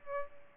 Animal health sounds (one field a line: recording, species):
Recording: mosquito wingbeat signal from an infrared sensor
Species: Aedes albopictus